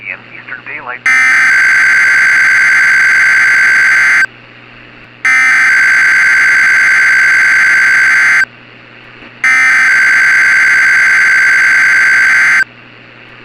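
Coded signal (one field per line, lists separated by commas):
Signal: Emergency Alert System (SAME) tones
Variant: header bursts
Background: speech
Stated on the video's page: Fictional tornado outbreak EAS scenario; simulated.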